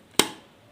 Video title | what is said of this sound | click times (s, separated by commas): اجمل هديه جاتلى من السعوديه ❗من اعز واغلا اخت لياا عاليوتيوب تعالو شوفوها | سمعت التكه دي خلاص | 0.2 s